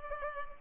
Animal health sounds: mosquito wingbeat signal from an infrared sensor; Culex pipiens

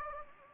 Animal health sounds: mosquito wingbeat signal from an infrared sensor; Anopheles gambiae

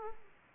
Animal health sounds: mosquito wingbeat signal from an infrared sensor; Aedes aegypti

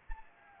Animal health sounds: mosquito wingbeat signal from an infrared sensor; Anopheles arabiensis

